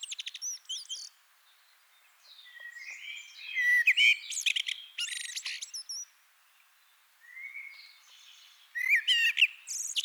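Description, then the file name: Eurasian blackbird singing in short phrases of warbled notes followed by high, squeaky twitters, with brief pauses between bursts. "Turdus merula"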